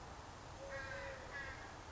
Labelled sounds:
Eurasian Collared Dove (Streptopelia decaocto)
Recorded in Sonoma County, California

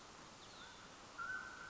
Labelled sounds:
Mountain Quail (Oreortyx pictus)
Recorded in Sonoma County, California

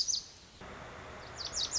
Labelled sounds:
Lazuli Bunting (Passerina amoena)
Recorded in Sonoma County, California

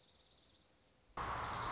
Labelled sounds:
Dark-eyed Junco (Junco hyemalis)
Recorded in Sonoma County, California

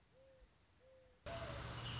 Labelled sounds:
Mourning Dove (Zenaida macroura)
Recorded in Sonoma County, California

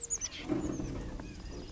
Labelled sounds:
Oak Titmouse (Baeolophus inornatus)
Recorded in Sonoma County, California

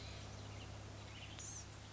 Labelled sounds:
Blue-gray Gnatcatcher (Polioptila caerulea)
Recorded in Sonoma County, California

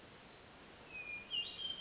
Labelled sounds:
Hermit Thrush (Catharus guttatus)
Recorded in Sonoma County, California

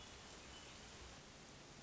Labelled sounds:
Hermit Thrush (Catharus guttatus)
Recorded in Sonoma County, California

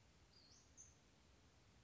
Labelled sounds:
Western Flycatcher (Empidonax difficilis)
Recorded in Sonoma County, California

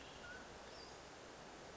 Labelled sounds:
Mountain Quail (Oreortyx pictus)
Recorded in Sonoma County, California

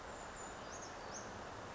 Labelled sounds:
Brown Creeper (Certhia americana)
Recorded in Sonoma County, California

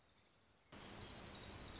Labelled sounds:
Orange-crowned Warbler (Leiothlypis celata)
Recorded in Sonoma County, California

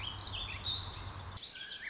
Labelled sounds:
Warbling Vireo (Vireo gilvus)
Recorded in Sonoma County, California

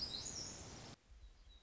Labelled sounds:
Black-throated Gray Warbler (Setophaga nigrescens)
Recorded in Sonoma County, California

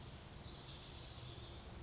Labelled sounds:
Pacific Wren (Troglodytes pacificus)
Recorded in Sonoma County, California

